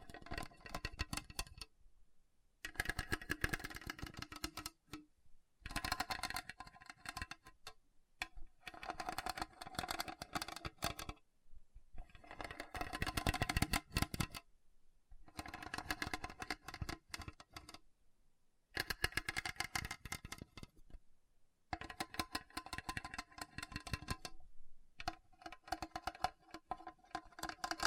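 Hard, bumpy surface scratching comes in rough, dense bursts lasting one to three seconds, broken by short silent gaps about every few seconds. Each burst is a gritty, rattling scrape filled with rapid little clicks, spreading from low rumble to bright hiss.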